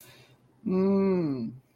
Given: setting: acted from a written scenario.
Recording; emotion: vocal sound without words; shame